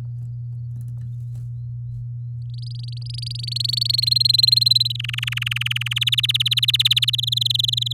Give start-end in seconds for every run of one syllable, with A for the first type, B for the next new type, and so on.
2.54-3.92 A, 3.93-4.92 B, 4.95-5.93 C, 5.96-7.10 D, 7.13-7.93 E